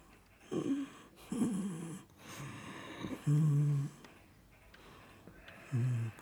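A sleeping pet dog snoring softly, with regular breathing, while resting in an armchair.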